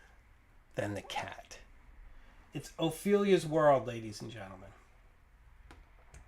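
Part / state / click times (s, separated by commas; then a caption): ink cartridge onto fountain pen nib section / seated / 5.7 s. An ink cartridge is pushed onto the nib section of a metal fountain pen until the point pierces its seal, and someone talks for the first few seconds. A short, sharp click is heard at 5.7 s as the cartridge seats onto the pen, followed by a fainter tick shortly after.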